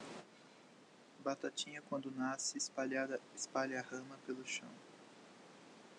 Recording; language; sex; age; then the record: short text; Brazilian Portuguese; male; 20 to 29 years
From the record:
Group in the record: control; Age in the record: 25 years